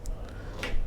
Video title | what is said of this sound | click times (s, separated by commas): €18 Million Superyacht Tour : Cantiere Delle Marche RJ 115 | pop into place as you close it | 0.6 s